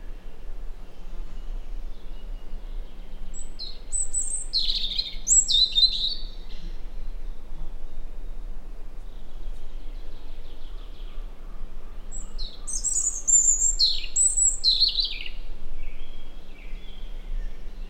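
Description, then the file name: European robin song: two bursts of high, thin, tumbling warbled phrases with sharp sweeping notes, separated by a long pause, over a steady low hum. "Erithacus rubecula"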